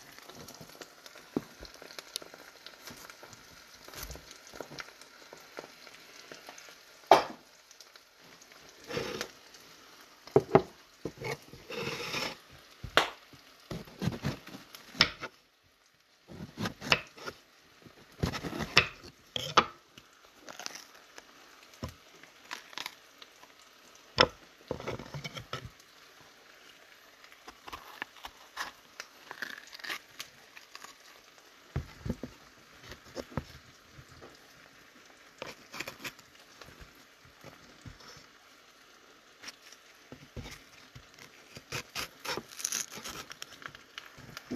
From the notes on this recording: Frying eggs and Bell Peppers